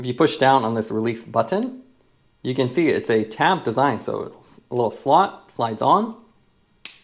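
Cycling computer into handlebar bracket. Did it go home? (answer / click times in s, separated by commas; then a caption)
yes / 6.9 s. A CatEye Quick cycling computer's tab slides into the slot of its plastic out-front handlebar bracket, which has a release button, while someone talks. After a pause in the talking, the computer is pushed in and clicks into place with a sharp, short click at 6.9 s, seating it in the mount.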